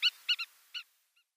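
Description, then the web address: Spur-winged lapwing calls, four short sharp notes, then a faint final note after a pause. A pair in display. "Schulze Peter Spur-winged Plover pair display"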